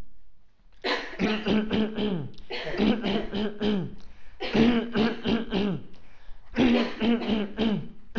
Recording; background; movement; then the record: throat clearing; a bystander coughing; walking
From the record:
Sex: male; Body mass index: 20.6 kg/m2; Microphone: on the chest, facing outward